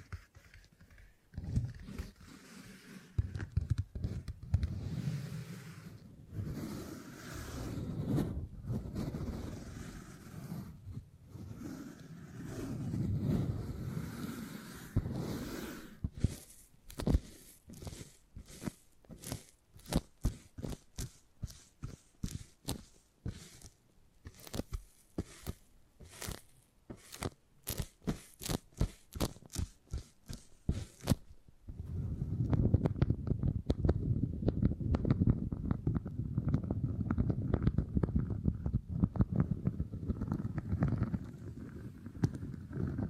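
Beeswax is handled and squeezed, giving soft, low crinkling and sticky rubbing sounds. Between about 16 and 31 seconds the sound turns to rapid, sharp clicking and tearing snaps in quick irregular bursts, then returns to a denser, steady rustling through the end.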